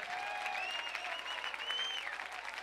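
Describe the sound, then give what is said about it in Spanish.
A church audience applauding in praise of God, a dense even patter of many hands clapping without pause, with a few faint voices and cheers rising above it. “Ahora ustedes creen que con ese aplausito ya complacieron a Dios.”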